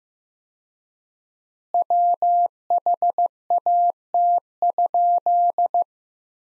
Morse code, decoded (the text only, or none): WHAT?